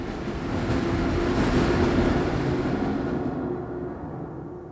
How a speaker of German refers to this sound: Die Häuser stehen still, der Wind weht, wie er will.